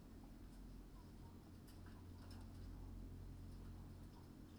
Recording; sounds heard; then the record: poultry house recording; healthy chickens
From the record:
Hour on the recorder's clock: 21